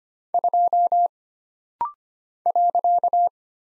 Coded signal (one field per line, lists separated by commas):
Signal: Morse code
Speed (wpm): 25 wpm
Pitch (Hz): 700 Hz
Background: none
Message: 2 .